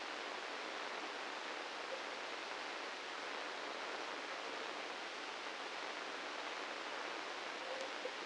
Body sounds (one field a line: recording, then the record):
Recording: brain microelectrode recording played as sound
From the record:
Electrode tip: inside the subthalamic nucleus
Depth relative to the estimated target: -1 mm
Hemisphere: right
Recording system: NeuroSet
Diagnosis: Parkinson's disease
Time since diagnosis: 9 years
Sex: male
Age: 61 years